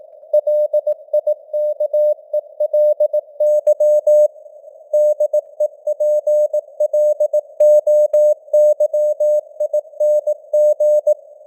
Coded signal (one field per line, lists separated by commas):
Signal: Morse code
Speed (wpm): 18 wpm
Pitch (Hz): 600 Hz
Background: none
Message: LIKELY DEPLOYING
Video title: Morse Code News | 2025-12-27 | 18wpm